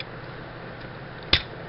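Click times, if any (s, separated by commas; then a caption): 1.3 s. A gray plastic friction missile assembly, with its gray clear piece pulled all the way out, is slid back into the launcher slot on the other side of a Transformers Collector's Club 2016 incentive Ramjet action figure. After a low, steady background hiss, a single sharp plastic click sounds at 1.3 s as the missile seats home.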